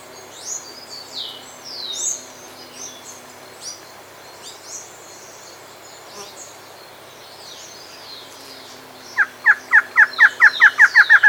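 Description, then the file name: Bird call: a quick run of about twelve loud, downslurred notes near the end, speeding up slightly, after thin high whistles earlier. "SABIOD 50 bird 2015"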